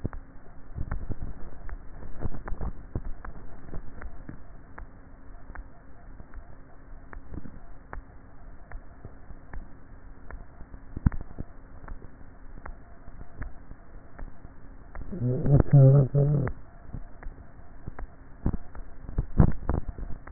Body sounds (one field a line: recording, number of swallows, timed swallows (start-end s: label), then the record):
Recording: swallowing sounds by neck microphone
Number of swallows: 2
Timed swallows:
2.35-3.28 s: swallow
19.32-20.25 s: swallow
From the record:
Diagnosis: dysphagia